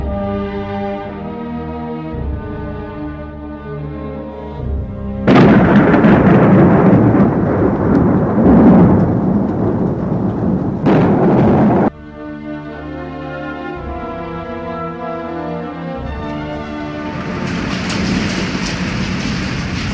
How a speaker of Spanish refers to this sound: Noche de lluvia en la casa fantasmal.